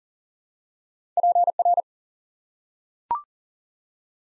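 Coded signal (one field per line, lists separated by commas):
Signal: Morse code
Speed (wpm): 42 wpm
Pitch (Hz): 700 Hz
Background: none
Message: PR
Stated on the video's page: Morse head-copy drill of ARRL section abbreviations used in Field Day exchanges, at 40 wpm, each sent, then spoken, then sent again.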